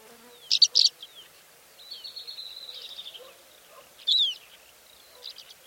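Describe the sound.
Greater short-toed lark calls: two quick high chirps, then a thin buzzy trill lasting over a second, followed by a sharp twittering note and a few soft chips.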